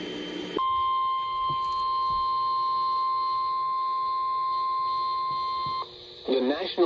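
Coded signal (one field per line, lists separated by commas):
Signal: Emergency Alert System (SAME) tones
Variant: 1050 Hz attention tone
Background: speech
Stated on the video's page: Compilation of real EAS alerts.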